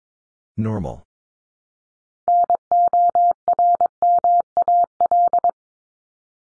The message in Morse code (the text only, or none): NORMAL